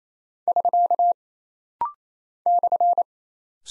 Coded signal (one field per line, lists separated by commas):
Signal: Morse code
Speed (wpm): 28 wpm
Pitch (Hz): 700 Hz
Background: none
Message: <SK> /